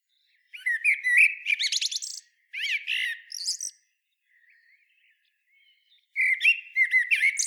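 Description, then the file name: Common blackbird singing mellow warbled whistles that break into high, scratchy twittering, then falling quiet before another fluted phrase begins. "Turdus merula"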